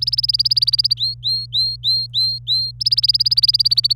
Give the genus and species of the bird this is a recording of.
Serinus canaria